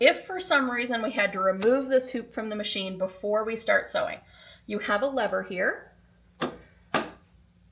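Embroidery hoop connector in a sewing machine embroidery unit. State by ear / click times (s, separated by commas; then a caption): released / 6.4 s. Someone talks about removing the embroidery hoop from a Janome Continental M17 sewing machine's embroidery unit. The release lever on the embroidery arm is then flipped up with a sharp click at 6.4 s, releasing the hoop's built-in connector so the hoop can slide out.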